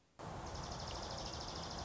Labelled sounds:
Dark-eyed Junco
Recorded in Sonoma County, California

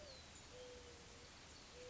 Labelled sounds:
Mourning Dove
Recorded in Sonoma County, California

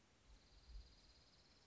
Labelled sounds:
Dark-eyed Junco
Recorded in Sonoma County, California

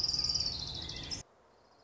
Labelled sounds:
Orange-crowned Warbler
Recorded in Sonoma County, California

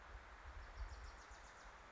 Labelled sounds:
Wilson's Warbler
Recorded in Sonoma County, California

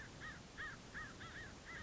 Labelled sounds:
American Crow
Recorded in Sonoma County, California

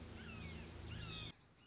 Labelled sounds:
Red-shouldered Hawk
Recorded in Sonoma County, California

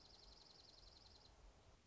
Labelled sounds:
Dark-eyed Junco
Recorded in Sonoma County, California

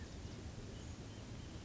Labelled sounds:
California Quail
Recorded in Sonoma County, California

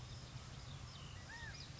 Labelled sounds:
California Quail
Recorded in Sonoma County, California

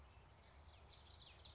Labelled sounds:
Common Yellowthroat
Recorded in Sonoma County, California

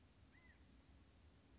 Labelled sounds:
California Quail
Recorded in Sonoma County, California

